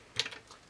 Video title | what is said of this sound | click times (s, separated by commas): Zenza Bronica GS-1 Review/Assembly | and push it forwards, and then you hear a little click. | 0.2 s